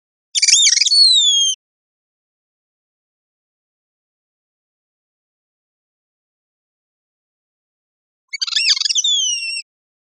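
Bird calling twice, about eight seconds apart, each a brief harsh buzzy burst ending in high, thin descending whistled notes, with silence between.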